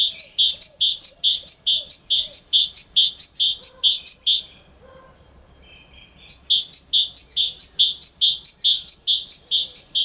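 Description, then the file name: Great tit repeating quick high-low two-note phrases at an even pace, falling silent for about two seconds mid-way before resuming the same pattern. "Parus major"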